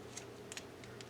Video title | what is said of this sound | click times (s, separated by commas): 不到两百就能拿下了！变形金刚星玩具ST02路怒黑色轮胎玩具开箱 | 听到啪一声，这个就锁进去了。 | 0.5 s